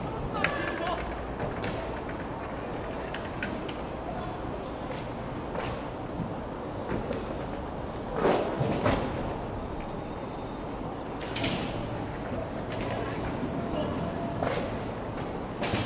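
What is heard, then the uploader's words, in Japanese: Skateboarding practice at a skate spot: a steady, dense rumble of wheels rolling runs throughout. Sharp clacks and slaps of the board land every few seconds, the loudest cluster near the middle. Faint voices seem to mix in underneath. スケボーを練習する音。スケボー練習場の様子を録ってみました。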